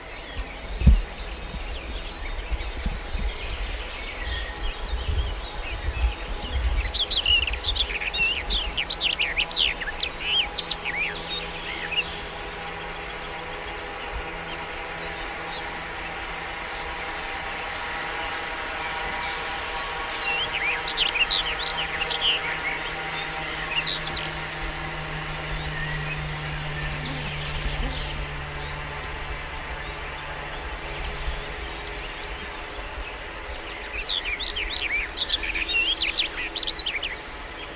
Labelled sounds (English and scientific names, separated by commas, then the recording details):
River Warbler (Locustella fluviatilis) song
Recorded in the wild
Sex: male
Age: adult
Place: Schönow, Naturpark Barnim, Brandenburg, DE
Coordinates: 52.6781, 13.5097
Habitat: reed
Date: 2005-06-05
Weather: cloudy, 10°C
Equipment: Marantz PMD 660, Sennheiser MKH 70
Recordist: Frommolt, Karl-Heinz